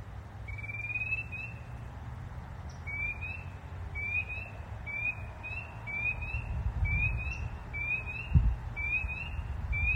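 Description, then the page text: Spring peeper calling, a run of clear rising peeps repeated steadily, with a low rumble and one soft thump underneath. Recorded in Maryland. "Spring Peeper by nancyjw via iNaturalist"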